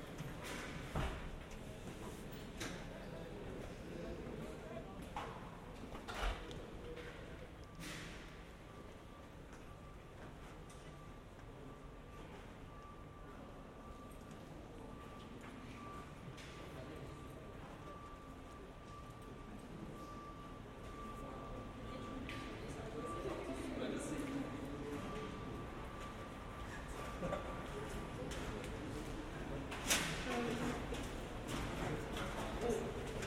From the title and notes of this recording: Binaural production. Binaural soundscapes recorded at different locations at CERN, the European Center for Nuclear Research. Visitors at the - now historic - SynchroCyclotron (SC).